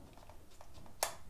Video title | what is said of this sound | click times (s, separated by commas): Sony 20mm F/1.8 G Lens With Sony A7c. Best Ultra Wide Angle Prime Lens. Everything you need to Know. | you heard that click so that click confirms so that's on there straight away so | 1.0 s